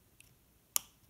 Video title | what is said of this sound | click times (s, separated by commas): DJI Mavic Pro gimbal - video ribbon cable replacement - repair | like that and | 0.8 s